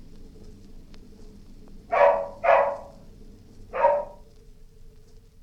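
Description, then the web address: Dog barking: three sharp barks, two in quick succession then a third about a second later, over a quiet steady background hum. Distant dog barking. "Sound Effects-BBC Dog"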